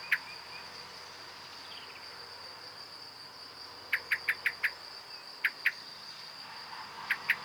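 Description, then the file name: Common blackbird giving sharp clicking call notes, one early, then a quick burst of five, then pairs, over a steady high insect-like hum. "Turdus merula"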